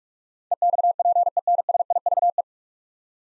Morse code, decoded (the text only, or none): EXPENSIVE